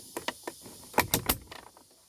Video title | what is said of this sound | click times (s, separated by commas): How to Replace the Glass on a 2005 Grand Cherokee Side Mirror | does take a little bit of a firm push but once you have it lined up just snap right in place | 1.0 s, 1.1 s, 1.3 s